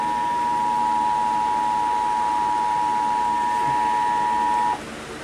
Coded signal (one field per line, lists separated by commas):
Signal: Emergency Alert System (SAME) tones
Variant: 853 and 960 Hz attention tone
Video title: EAS 2,000 | EAS Alerts From 5/7/2023 (EAS #1,989-2,040)